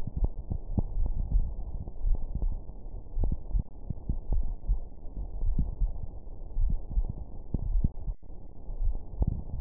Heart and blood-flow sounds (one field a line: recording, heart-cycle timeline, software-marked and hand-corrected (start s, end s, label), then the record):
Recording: heart sounds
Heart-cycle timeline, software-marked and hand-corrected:
not marked
From the record:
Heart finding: coronary artery disease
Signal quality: poor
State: rest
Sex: female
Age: 55 years